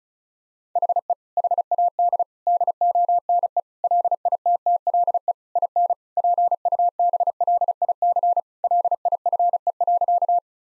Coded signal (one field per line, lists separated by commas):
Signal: Morse code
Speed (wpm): 34 wpm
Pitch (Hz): 700 Hz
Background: none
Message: HE HAD DONE LITTLE IN PUBLIC LIFE.